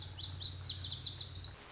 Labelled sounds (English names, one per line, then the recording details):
Lazuli Bunting
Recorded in Sonoma County, California